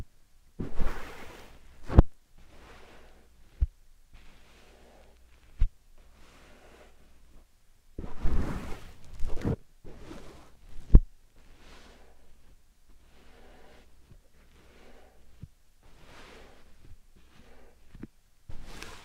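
Slime and sand triggers, squishing and crackling in short textured bursts that come and go every second or two. Sharp clicks or taps cut through at about 2, 3.5, 5.5 and 11 seconds, with a louder gritty stretch near 8 to 9 seconds over a faint low hum.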